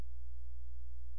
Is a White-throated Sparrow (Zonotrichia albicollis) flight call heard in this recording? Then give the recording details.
no. No flight call is heard. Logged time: 00:03 on 16 September 2014